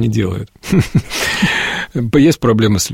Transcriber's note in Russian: Смеется